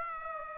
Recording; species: mosquito wingbeat signal from an infrared sensor; Aedes aegypti